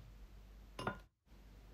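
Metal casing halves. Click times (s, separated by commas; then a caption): 0.8 s, 0.9 s. The right-hand crankcase half of a Honda SS50 small motorcycle engine is lowered over the two dowels and a new gasket onto the left crankcase half, with oil around the bearings and shafts. Two short clinks at 0.8 s and 0.9 s are heard over a low background hum, followed by a brief near-silence. The crankcase half slides down and snaps into place, seated.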